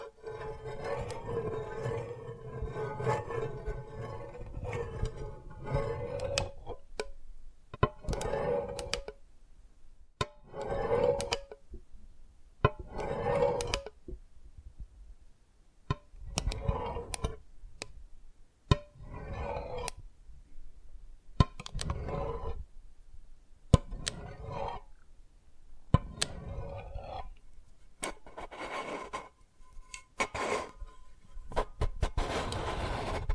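Tapping and cracking on dalgona candy. The first six seconds are a busy run of quick taps and scrapes, then it settles into separate sharp cracks and clusters of taps every two to three seconds, some with a short ringing tone, and near-silent gaps between.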